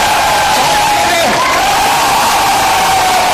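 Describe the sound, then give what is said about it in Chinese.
A live audience of over a hundred people at a nightly web-radio show in the Mong Kok occupation zone cheers and shouts without pause at the host's urging, a steady roar of many voices with occasional higher whoops rising out of the din. “节目一开始他就无啦啦叫观众不停欢呼。”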